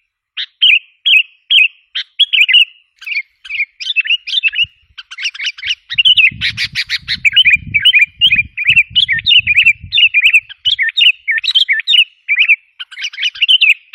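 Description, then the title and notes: Sooty-headed bulbul song: bubbly, chirpy phrases given in quick succession, with short rising and falling notes; a low rumbling noise runs underneath from about six to eleven seconds. "Kicau Burung Kutilang"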